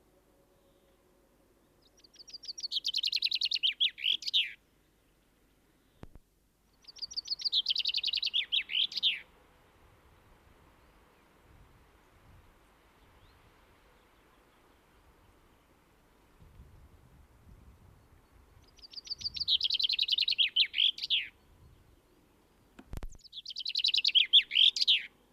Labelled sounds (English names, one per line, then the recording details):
Common Chaffinch song
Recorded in the wild
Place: Ehrwald, Wettersteingebirge, Tirol, AT
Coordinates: 47.4167, 10.9428
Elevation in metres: 984
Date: 1972-04-04
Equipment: Nagra IV, Sennheiser MKH 405, Parabolreflektor
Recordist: Tretzel, Erwin